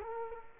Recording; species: mosquito wingbeat signal from an infrared sensor; Culex quinquefasciatus